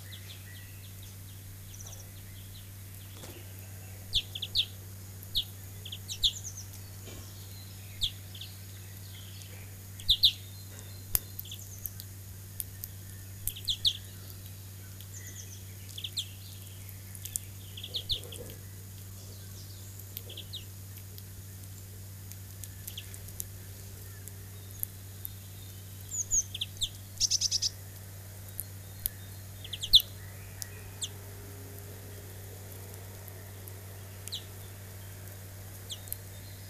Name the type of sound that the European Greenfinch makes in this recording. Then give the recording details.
call. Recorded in the wild. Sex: group. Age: juvenile. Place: Kaiserslautern, Rheinland-Pfalz, DE. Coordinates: 49.4247, 7.77889. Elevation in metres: 279. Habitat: garden. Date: 1983-06-12. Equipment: Uher 4000 Report, Parabolreflektor (30 cm Durchmesser). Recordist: Tretzel, Erwin